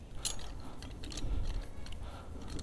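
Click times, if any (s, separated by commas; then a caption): none. A metal stake section of a 63.5 Kinetic Wind Spinners outdoor metal spinner pole is handled and looped down toward the pole's ground stake, to be stepped on so it locks into place. Light metallic clinks and rattles sound over a low rumble, with a bright clink near 0.3 s. Nothing has seated or locked yet.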